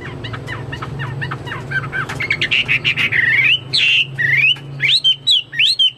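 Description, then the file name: Chinese hwamei song: soft quick notes first, then loud, full whistled phrases sweeping up and down, repeated with short gaps. "omkicau hwamei"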